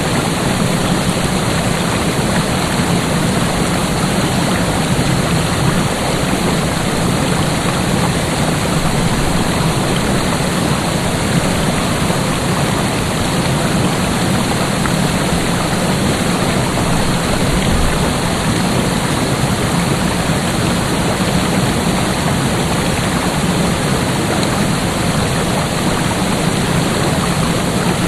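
A creek and waterfall pour in a steady, dense rush that holds at the same loudness for the whole half minute. The roar is full, with a deep rumbling low end under a bright hiss, and no separate events break through.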